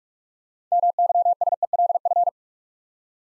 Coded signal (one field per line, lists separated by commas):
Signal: Morse code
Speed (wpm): 44 wpm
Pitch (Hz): 700 Hz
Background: none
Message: MYSELF